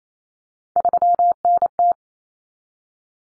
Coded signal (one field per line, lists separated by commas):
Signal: Morse code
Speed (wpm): 28 wpm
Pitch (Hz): 700 Hz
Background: none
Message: 3NT